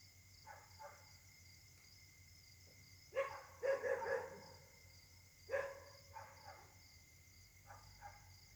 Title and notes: Caltex, 3 mares, Réunion. La nuit s'annonce difficile pour les habitants: concert de chiens